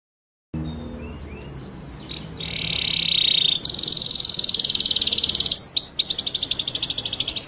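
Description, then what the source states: White-rumped shama song: varied high phrases, a sustained buzzy note, then fast rolling trills and sharp upslurred whistles, over steady background hiss. Masteran training song in rolling, shooting style (ngerol nembak).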